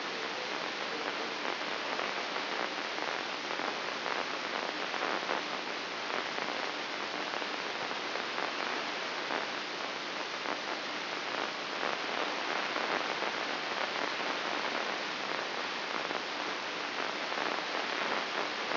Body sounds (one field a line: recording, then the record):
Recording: brain microelectrode recording played as sound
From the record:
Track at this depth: inside the subthalamic nucleus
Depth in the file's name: 6.261 mm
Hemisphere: left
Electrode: 3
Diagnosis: Parkinson's disease